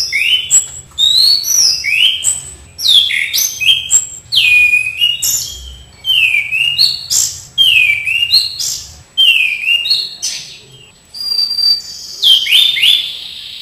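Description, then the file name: Orange-sided thrush song of fast, varied whistled phrases, many sliding up or down, following one another with only brief pauses. "anis cendana"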